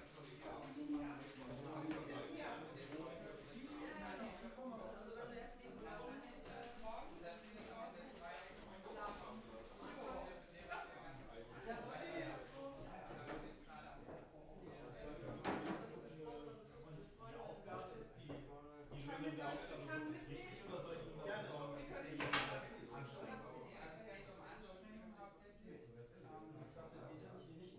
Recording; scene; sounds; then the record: everyday scene through a hearing-aid microphone; many people talking; many voices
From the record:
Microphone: behind the ear, left, rear